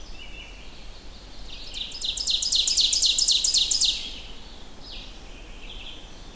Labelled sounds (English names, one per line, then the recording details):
Ovenbird song
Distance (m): 15 m
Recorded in boreal forest in Alberta, Canada, on 25 June 2016 at 07:44
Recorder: SongMeter 3, array SBT-6-76
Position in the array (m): 13 m, 108 m
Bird 2